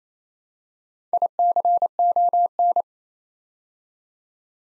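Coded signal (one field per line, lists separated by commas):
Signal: Morse code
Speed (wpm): 27 wpm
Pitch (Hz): 700 Hz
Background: none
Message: ICON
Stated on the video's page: Morse code practice building four-letter words two letters at a time at 28 wpm, for beginners working on instant character recognition.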